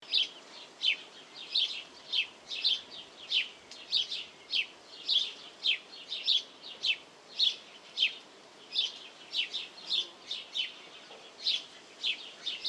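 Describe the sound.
House sparrow chirping, a steady stream of bright, sharp chirps repeated nearly twice per second through the whole stretch.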